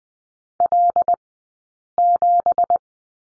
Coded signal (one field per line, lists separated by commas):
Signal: Morse code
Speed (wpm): 20 wpm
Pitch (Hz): 700 Hz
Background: none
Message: L7